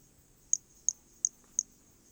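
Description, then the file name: Hermogenes' pumpkin toadlet giving four thin, high-pitched chirps evenly spaced about a third of a second apart, with a faint constant hiss behind. Recorded specimen from Corcovado; notes mention specimen one and two, starting notes lost, recorded without interruption. "MHNCI Brachy hermogenesi Corcovado specimen one two starting notes lost without interruption"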